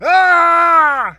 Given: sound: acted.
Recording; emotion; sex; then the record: nonverbal affect burst; anger; male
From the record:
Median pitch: 336 Hz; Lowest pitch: 131 Hz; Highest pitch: 377 Hz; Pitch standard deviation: 64 Hz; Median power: 83.3 dB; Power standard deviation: 9.3 dB